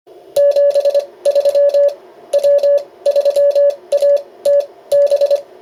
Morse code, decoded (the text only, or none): 73 W3ATB